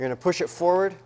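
Someone talks while the bolt of an M60E6 machine gun is being handled, about to be pushed forward inside the receiver past the sear until it locks into the barrel. Only speech is heard in this short clip. Nothing has seated or clicked yet.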